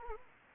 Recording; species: mosquito wingbeat signal from an infrared sensor; Anopheles arabiensis